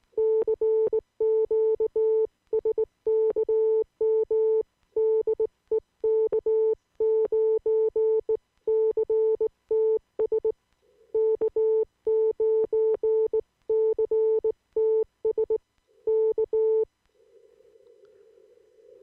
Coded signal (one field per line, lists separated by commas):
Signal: Morse code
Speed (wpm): 20 wpm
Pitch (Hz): 440 Hz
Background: none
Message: CQ SKM DE K9CTS K9CTS K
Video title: CQ de K9CTS